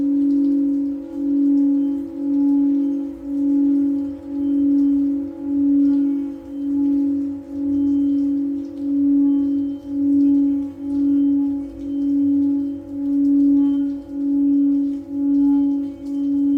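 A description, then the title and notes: A Tibetan singing bowl sings a steady, sustained mid-pitched tone with fainter higher overtones ringing above it. The sound swells and dips in a regular wobble, roughly once a second, for the whole clip. Faint low rumble and light ticks sit underneath. Tibetan Singiing Bowl.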